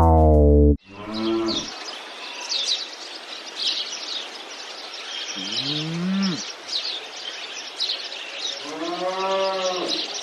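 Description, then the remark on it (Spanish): A cow walking in a meadow lets out several low, drawn-out moos separated by pauses, while small birds chirp and tweet steadily in the background throughout. “Esto es una vaca que está paseando por el prado y de repente se encuentra un guante de fregar y dice...”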